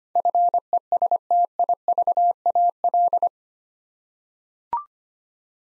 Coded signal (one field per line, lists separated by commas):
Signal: Morse code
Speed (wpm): 25 wpm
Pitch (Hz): 700 Hz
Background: none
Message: FESTIVAL